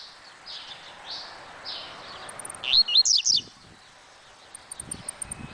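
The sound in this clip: Double-collared seedeater song: soft slurred whistles, then a short loud burst of sharp twisting high notes, followed by faint high tinkling notes and background hiss.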